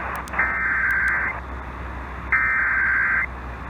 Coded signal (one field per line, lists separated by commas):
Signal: Emergency Alert System (SAME) tones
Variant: header bursts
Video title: Utah's RMT (EAS #2309-2310)